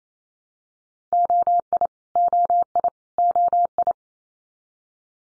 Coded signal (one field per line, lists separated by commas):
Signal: Morse code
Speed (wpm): 28 wpm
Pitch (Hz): 700 Hz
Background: none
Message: OI OI OI